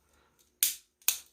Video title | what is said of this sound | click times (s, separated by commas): EPIC 3D PRINTED BEYBLADE BURST UPGRADE LOT UNBOXING! | there we go locked into place and then i guess the combo use for it why not | 0.6 s, 1.1 s